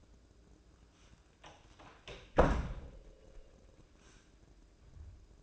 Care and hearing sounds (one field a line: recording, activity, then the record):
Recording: daily activity, microphone in the room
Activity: close door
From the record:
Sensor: 2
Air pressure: 1012.2 hPa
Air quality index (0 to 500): 160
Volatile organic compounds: 2 ppm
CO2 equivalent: 1171 ppm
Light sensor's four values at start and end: 352/877/356/371 and 349/870/353/368